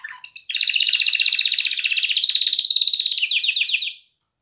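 Canary song made of a fast continuous rattling trill that runs about three seconds, ending in a few down-slurred notes, then silence.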